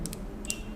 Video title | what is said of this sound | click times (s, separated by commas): Waterpik Water Flosser Review: IS IT WORTH THE $? 😮 | like this my god just go like this and that's it and it'll pop right up | 0.1 s, 0.4 s, 0.5 s